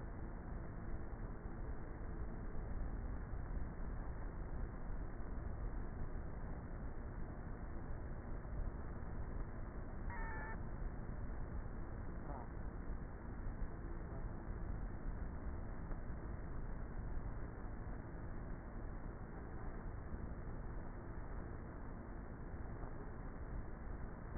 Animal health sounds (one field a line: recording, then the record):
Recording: honeybee colony, microphone inside the hive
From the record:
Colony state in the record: queenless with a low population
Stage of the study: before two queens were removed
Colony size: about 30,000 bees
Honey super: no